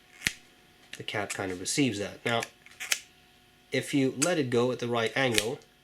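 A magnetic pen cap is handled near its pen barrel, to be released at the right angle so the magnetic closure pulls it on, while someone talks. Sharp taps occur at about 0.3 s and 2.9 s between the speech. Nothing has seated or clicked into place yet.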